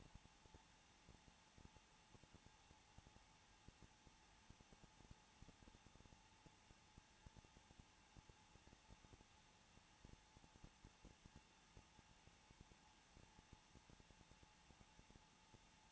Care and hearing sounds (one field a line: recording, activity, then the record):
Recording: daily activity, microphone in the room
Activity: no activity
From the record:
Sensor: 1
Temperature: 20.2 degrees Celsius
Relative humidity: 35.7%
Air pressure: 994.5 hPa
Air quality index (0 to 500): 182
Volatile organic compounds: 7 ppm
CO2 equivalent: 1995 ppm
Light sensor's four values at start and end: 1/2/1/1 and 1/2/1/1